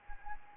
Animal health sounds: mosquito wingbeat signal from an infrared sensor; Anopheles arabiensis

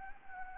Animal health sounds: mosquito wingbeat signal from an infrared sensor; Anopheles gambiae

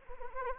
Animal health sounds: mosquito wingbeat signal from an infrared sensor; Anopheles arabiensis

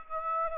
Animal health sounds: mosquito wingbeat signal from an infrared sensor; Aedes aegypti

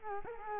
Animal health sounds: mosquito wingbeat signal from an infrared sensor; Culex quinquefasciatus

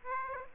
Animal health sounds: mosquito wingbeat signal from an infrared sensor; Aedes aegypti

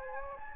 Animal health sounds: mosquito wingbeat signal from an infrared sensor; Anopheles gambiae

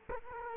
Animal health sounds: mosquito wingbeat signal from an infrared sensor; Culex quinquefasciatus

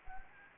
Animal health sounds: mosquito wingbeat signal from an infrared sensor; Anopheles gambiae

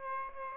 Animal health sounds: mosquito wingbeat signal from an infrared sensor; Aedes aegypti

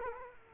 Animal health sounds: mosquito wingbeat signal from an infrared sensor; Culex quinquefasciatus

